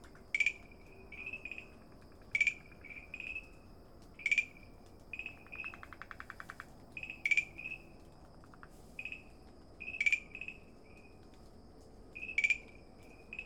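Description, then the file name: Farmland green treefrog calling: short tonal notes repeated every few seconds, with softer notes between and a buzzy pulsed sound near the middle. Recorded at Dalin on 30 May 2009. "090530 dalin farmland treefrog"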